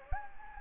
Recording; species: mosquito wingbeat signal from an infrared sensor; Anopheles gambiae